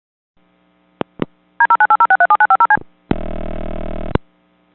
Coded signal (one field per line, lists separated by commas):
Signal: DTMF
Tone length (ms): 80 ms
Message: D0980637950C